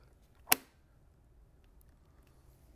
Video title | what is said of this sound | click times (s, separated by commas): Lab 1 Camera and Comms | we're going to go and we're going to wait for a very audible click okay | 0.5 s